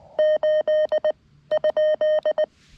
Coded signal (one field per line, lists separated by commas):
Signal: Morse code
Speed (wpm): 19 wpm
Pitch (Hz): 590 Hz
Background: none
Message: 8 ?